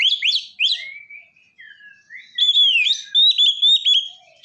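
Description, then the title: Oriental magpie-robin song: a few sharp upswept notes, then softer drawn-out whistles, ending in bright, clear, repeated whistled phrases. "kacer"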